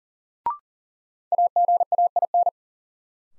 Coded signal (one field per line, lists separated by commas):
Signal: Morse code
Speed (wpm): 40 wpm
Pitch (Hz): 700 Hz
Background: none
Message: AGAIN